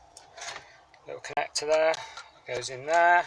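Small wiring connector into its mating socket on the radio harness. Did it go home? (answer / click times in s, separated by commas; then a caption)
no / none. Someone talks while a small plastic wiring connector is handled and pushed toward its mating socket on the radio harness behind an aftermarket radio in a VW Up (2010–1015). Faint handling noise and brief ticks come at about 0.2 s and 0.9 s. The connector has not yet seated or clicked home.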